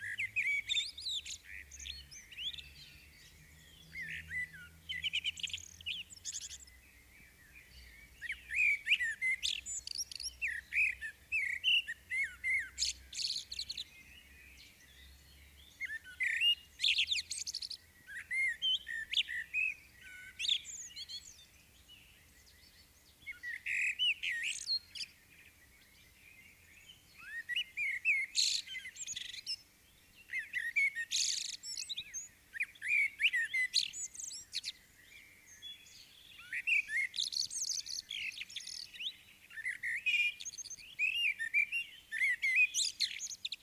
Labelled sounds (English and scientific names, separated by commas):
Common Blackbird (Turdus merula) song